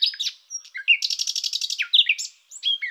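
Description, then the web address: Common nightingale singing varied phrases: scratchy opening notes, then a fast, even trill of about ten pulses, followed by rich whistled and slurred notes, with no other sounds. "Luscinia megarhynchos"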